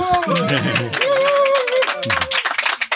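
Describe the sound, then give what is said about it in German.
A live audience at a recording in Enkirch bursts into applause, dense overlapping claps mixed with cheering voices and a few whoops, loud and sustained for a few seconds. “Ich glaube, spätestens jetzt hat man verstanden, dass wir live in Enkirch aufnehmen.”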